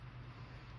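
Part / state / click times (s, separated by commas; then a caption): nozzle plug into hand vacuum housing / not seated / none. A cleaned plastic nozzle plug is being handled at the front of a Royal Prince 501 hand vacuum housing during reassembly, ready to be snapped into place. Only a steady low rumble with broadband noise is heard, with no distinct hits. Nothing has seated or clicked yet.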